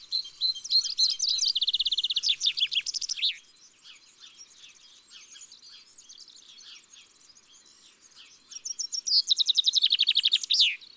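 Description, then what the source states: Common Chaffinch song, two phrases: a run of high notes speeding into a descending trill with a sharp closing flourish, separated by a few seconds of soft twittering. Garden bird; song used in a listening exercise to recognise six garden-bird species.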